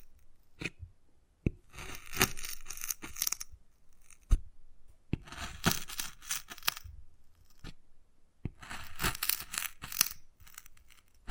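Wood carving sounds: bursts of bright, raspy scratching around 2–3, 5–7 and 9–10 seconds, broken by sharp taps and short silences.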